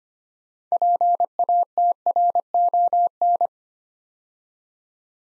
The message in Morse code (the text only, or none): PATRON